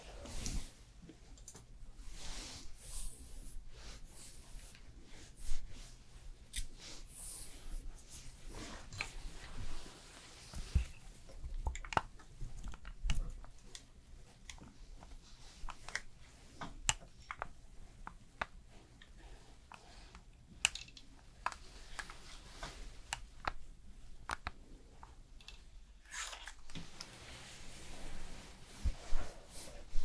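A fast haircut and styling session: quick snipping clicks and brushing sounds come in irregular clusters throughout, with sharp bright ticks scattered densely. A low steady hum runs underneath and drops out briefly around 26 seconds before returning.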